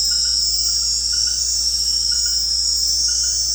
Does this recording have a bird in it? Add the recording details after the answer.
no. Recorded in secondary vegetation near Puerto Asís, Putumayo, Colombia, on 13 March 2025 at 20:00. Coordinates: 0.484, -76.319. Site G010